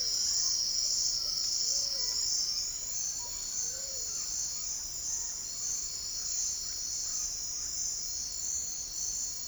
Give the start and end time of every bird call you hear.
0.00s-0.62s: bird call
1.07s-2.29s: bird call
3.12s-4.12s: bird call

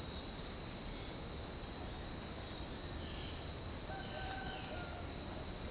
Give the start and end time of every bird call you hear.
3.96s-5.00s: bird call

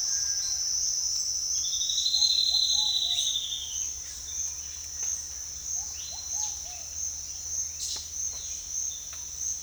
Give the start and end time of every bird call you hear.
2.18s-3.27s: bird call
5.73s-6.87s: bird call

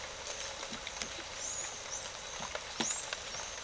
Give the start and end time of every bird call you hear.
0.91s-3.63s: bird call

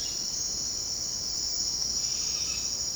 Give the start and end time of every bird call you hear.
2.03s-2.95s: bird call

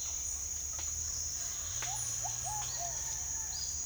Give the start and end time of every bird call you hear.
1.69s-3.85s: bird call

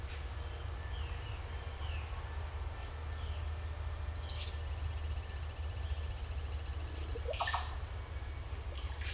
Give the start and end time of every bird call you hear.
4.13s-7.61s: bird call

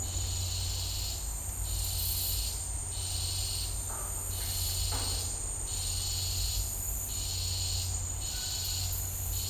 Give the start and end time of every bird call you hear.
8.29s-8.83s: bird call

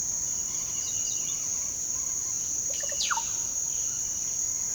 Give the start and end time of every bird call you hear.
0.11s-3.26s: bird call

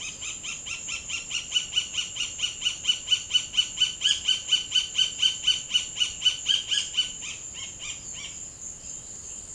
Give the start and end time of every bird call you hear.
0.00s-8.33s: bird call

